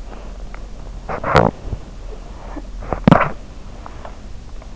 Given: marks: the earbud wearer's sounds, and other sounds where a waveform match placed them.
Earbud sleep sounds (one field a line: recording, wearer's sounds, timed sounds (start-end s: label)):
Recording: sounds in sleep by an in-ear microphone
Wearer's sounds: swallowing, teeth grinding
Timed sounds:
0.00-0.83 s: swallowing
1.06-3.43 s: teeth grinding